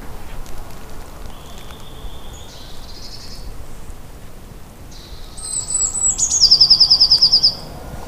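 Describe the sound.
Eurasian blue tit song: thin high notes that fall slightly, then a rapid, even trill of bright notes, over a quiet background hiss.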